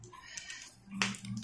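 The plastic outer housing of a refilled Geekbar disposable vape is pressed closed onto the vape body. It snaps shut with a sharp click at 1.0 s, among a few fainter taps. The housing is seated and the vape is ready to use.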